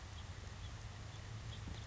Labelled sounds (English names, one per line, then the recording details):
House Finch
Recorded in Sonoma County, California